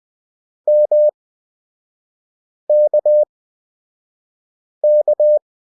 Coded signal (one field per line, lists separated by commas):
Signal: Morse code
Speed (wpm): 20 wpm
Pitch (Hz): 600 Hz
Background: none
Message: MKK